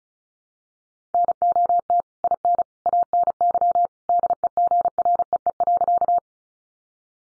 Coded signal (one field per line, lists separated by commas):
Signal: Morse code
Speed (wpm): 34 wpm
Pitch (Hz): 700 Hz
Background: none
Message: NOT IN ANY DEGREE.